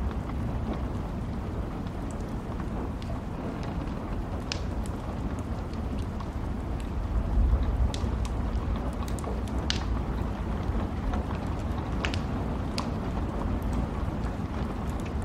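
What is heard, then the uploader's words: A fireplace crackles under a steady low rumble of burning that holds an even level throughout. Sharp pops and snaps stand out every second or two, with brighter cracks near 4.5, 9.5, 12 and 13 seconds, and a slightly louder surge around 7–8 seconds. Rain & Thunderstorm Sounds ¦ Crackling Fireplace.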